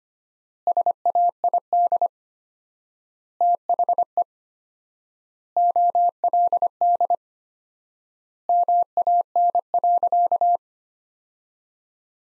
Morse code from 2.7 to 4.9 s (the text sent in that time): THE